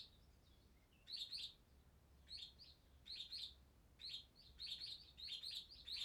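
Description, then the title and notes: Swallow chicks giving quiet, high twittering begging notes in quick pairs, getting busier toward the end, over a steady low hum. Chicks moving in a nest in a cellar, parents coming to feed them; Chaussenans, France; recorded on MixPre-6 II with DPA 4022 microphones in ORTF. "BÉBÉ HIRONDELLES NID DANS LA CAVE. BB HIRONDELLES CAVE, 39800 Chaussenans, France. NID D'HIRONDELLES DANS LA CAVE EN PROXIMITÉ. Les Bébé bougent dans leur nid et leur parents viennent les nourrir"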